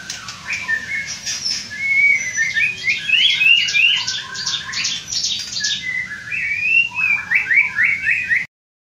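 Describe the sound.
White-rumped shama song: a rapid series of bright, chirpy slurred whistles in uneven bursts over a steady hiss, stopping abruptly near the end.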